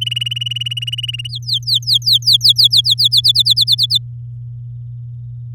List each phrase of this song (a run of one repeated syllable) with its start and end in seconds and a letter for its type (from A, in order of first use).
0.01-1.28 A, 1.29-3.21 B, 3.24-3.98 C